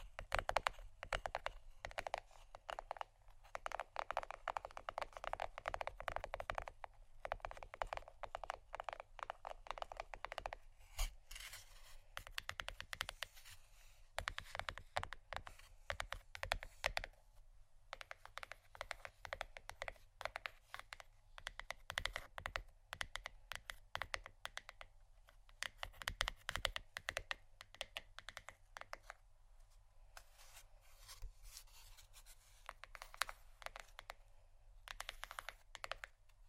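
Soft tapping and scratching on cardboard, with a silicone surface in the mix, runs in dense bursts of quick, light taps and rubbing. The textures shift between crisp clicks and hushed scraping, broken by brief pauses near 3, 7, 10, 26 and 30 seconds.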